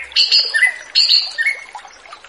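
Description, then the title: Orange-headed thrush giving two quick phrases of bright, tumbling whistled notes about a second apart. Relaxed, open-flowing song style (ngeplong santai), used as a lure recording to attract free-flying wild birds. "Anis Kembang Ngeplong Santai , Untuk Pancingan Anis Kembang Lepas"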